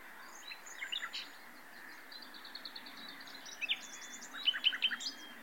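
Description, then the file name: Common nightingale singing: scattered short notes, then a fast even series of repeated chips, ending in louder sharp downward notes. "Luscinia megarhynchos"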